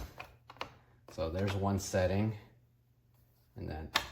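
The adjustable plastic cup platform in a Chefman single-serve coffee maker body is handled while someone talks, with a few short knocks near the start and a sharp tap at the very end. The platform has not yet clicked into its second height setting; nothing has seated yet.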